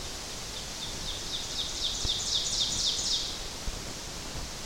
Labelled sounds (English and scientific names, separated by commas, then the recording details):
Ovenbird (Seiurus aurocapilla) song
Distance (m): 40 m
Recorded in boreal forest in Alberta, Canada, on 12 June 2016 at 07:01
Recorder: SongMeter 3, array SBT-3-18
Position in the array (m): 246 m, 97 m
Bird 31